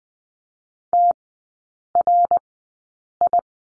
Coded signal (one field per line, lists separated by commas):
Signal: Morse code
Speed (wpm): 20 wpm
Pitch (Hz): 700 Hz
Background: none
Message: TRI